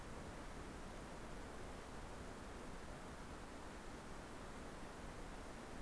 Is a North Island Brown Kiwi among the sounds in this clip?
no